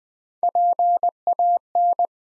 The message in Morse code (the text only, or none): PAN